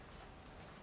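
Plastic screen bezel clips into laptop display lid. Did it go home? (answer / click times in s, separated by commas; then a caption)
no / none. A plastic screen bezel on an ASUS X44H laptop is pressed into the display lid all the way around with gentle but solid pressure. Only a steady, low broadband noise is heard, with no distinct snap. Nothing has seated or clicked yet.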